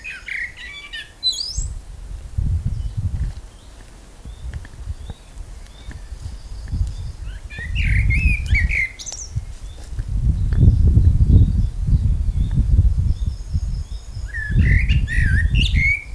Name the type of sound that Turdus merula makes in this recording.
song